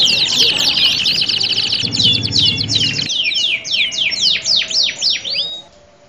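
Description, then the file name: Canary song, rapid high trills giving way to a series of downward-sweeping whistled notes, about four per second, then fading out. Standard canary; audio simulating a singing contest. "audio simulasi lomba kenari standar. omkicau"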